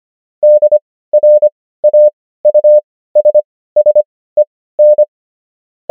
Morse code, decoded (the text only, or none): DRAUSSEN